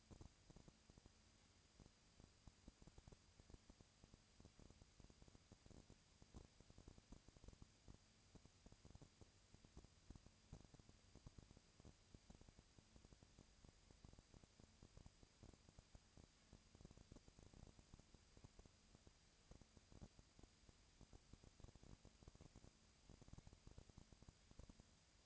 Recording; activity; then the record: daily activity, microphone in the room; no activity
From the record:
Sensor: 2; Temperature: 20.1 degrees Celsius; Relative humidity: 35.5%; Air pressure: 996.9 hPa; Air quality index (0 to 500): 197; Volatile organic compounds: 30 ppm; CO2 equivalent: 2958 ppm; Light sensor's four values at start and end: 2/3/2/2 and 2/3/2/2